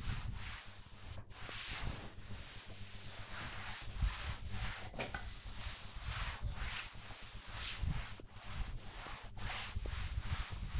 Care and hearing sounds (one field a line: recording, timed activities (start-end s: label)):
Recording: household activities, microphone on the right wrist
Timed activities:
0.00-10.80 s: cleaning table